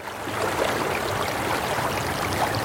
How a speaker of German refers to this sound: Sommer, ein Fluss, Europa. Das sind die Grundelemente. Und ein Fluss, der hindurchfließt.